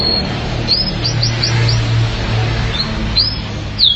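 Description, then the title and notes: Canary song: short high upslurred whistles in a quick series, over a noticeable low hum. "BM Suara Kenari. BM Suara Burung Kenari"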